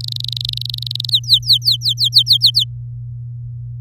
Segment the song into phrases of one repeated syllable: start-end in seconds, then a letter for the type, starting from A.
0.00-1.10 A, 1.11-2.64 B